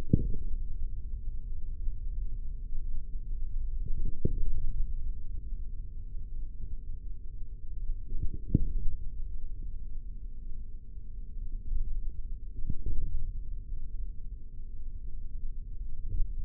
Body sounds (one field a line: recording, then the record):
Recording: forearm muscle sounds (acoustic myography)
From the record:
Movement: index flexion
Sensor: system 3, bracelet of six PUI Audio POM-2738L microphones around the upper forearm, with dedicated amplification and filtering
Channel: 2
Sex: male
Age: 43 years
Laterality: right